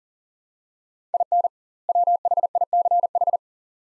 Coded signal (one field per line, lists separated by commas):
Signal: Morse code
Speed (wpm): 40 wpm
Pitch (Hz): 700 Hz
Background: none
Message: IN WHICH